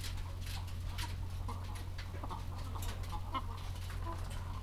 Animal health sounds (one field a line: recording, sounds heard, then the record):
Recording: poultry house recording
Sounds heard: sick chickens (respiratory disease)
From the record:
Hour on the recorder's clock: 14